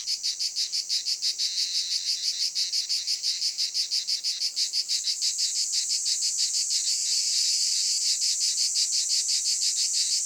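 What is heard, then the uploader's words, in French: A sound snapshot from the south of France: insects chirp without pause, a dense, bright pulsing trill repeating several times a second at a very even rate. The rhythm stays steady throughout, turning slightly fuller after about seven seconds, with almost nothing low underneath. Voici un bouquet sonore à découvrir au fil des mois et enregistré dans le sud de la France durant l'année 2018.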